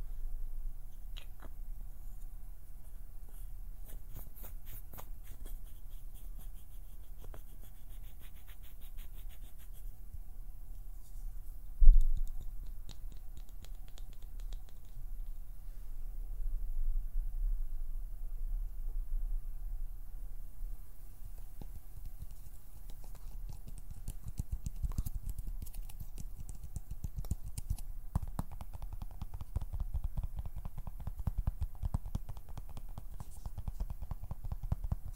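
Fingers plucking, pinching and fluttering make soft, dry ticking and brushing sounds, scattered and irregular over a low hum. A single sharp thump lands around twelve seconds. From about twenty-five seconds the ticks grow denser and more active, ending in light rapid flutters.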